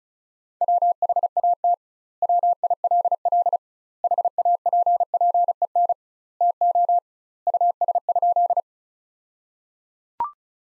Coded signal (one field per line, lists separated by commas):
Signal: Morse code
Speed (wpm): 36 wpm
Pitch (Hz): 700 Hz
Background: none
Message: WHAT WILL HAPPEN TO US?